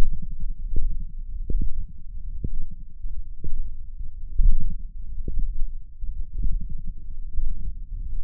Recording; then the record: forearm muscle sounds (acoustic myography)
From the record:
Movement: radial deviation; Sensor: system 1, eight BSWA MPA416 microphones around the upper forearm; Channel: 8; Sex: male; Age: 21 years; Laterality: right